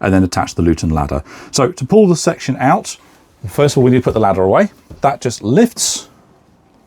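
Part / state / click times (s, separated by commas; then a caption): folding step unit latching into its stowed position in the motorhome / not seated / none. Someone talks while the folding entry step unit of a Benimar Tessoro 463 motorhome is handled and begins to be lifted to stow it, so the section can be pulled out to make a large bed. The clip ends before the step unit latches into its stowed position, so nothing has seated or clicked yet.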